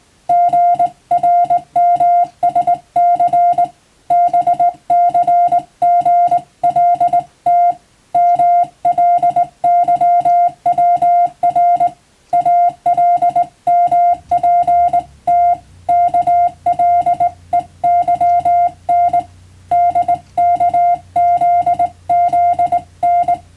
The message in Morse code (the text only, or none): GRMSC BCGLT MLYWR ALMPT KLEYN DKZZN